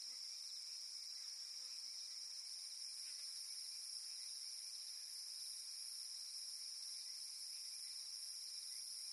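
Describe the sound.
Steady cicada sound, a bright continuous hissing whine, with a few soft low chirps early on.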